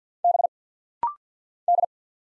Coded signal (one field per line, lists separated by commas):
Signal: Morse code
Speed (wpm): 48 wpm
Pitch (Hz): 700 Hz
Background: none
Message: B D